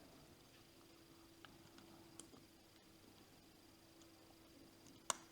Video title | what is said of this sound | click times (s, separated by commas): Benchmade Bugout 535-3 Flytanium Customization | стало на місце | 5.1 s